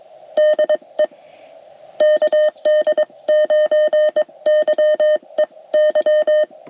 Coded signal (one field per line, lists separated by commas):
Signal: Morse code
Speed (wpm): 22 wpm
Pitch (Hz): 610 Hz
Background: none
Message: DE KD9YEY